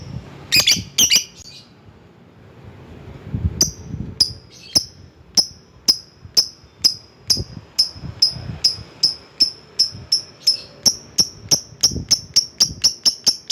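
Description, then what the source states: Lovebird calls: a few shrill squawks at the start, then high sharp chips repeating ever faster into a rapid steady series. Calling a rival.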